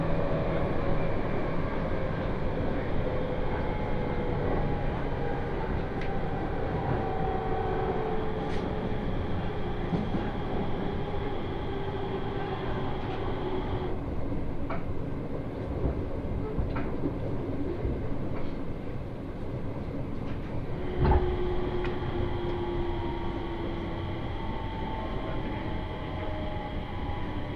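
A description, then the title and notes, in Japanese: A train on the Tōhoku Main Line, northbound from Kitakami to Morioka, runs with a steady dense rumble and a faint whine that slowly falls in pitch. Light clicks and rail joints tap now and then, with a sharper knock around twenty-one seconds. 東北本線下り 北上→盛岡。701系4両編成。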